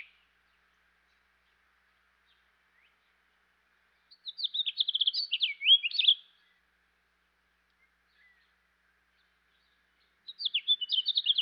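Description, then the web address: House finch song: two rapid warbled phrases of jumbled chirps and slurred notes, the first lasting about two seconds and the second starting near the end, with silence between. "Dan Gibson Wildlife Identification By Sound, Eastern North America Pt 2. House Finch"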